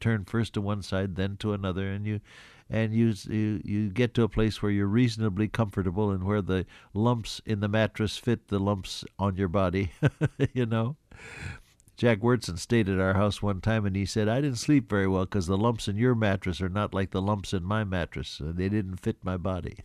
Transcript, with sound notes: You first turn to one side, then to another, and you, and you, you, you get to a place where you’re reasonably comfortable, and where the lumps in the mattress fit the lumps on your body, (Laughs) you know. Jack Wyrtzen stayed at our house one time, and he said, “I didn’t sleep very well ‘cause the lumps in your mattress are not like the lumps in my mattress, and they didn’t fit my body.”